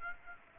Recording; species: mosquito wingbeat signal from an infrared sensor; Aedes aegypti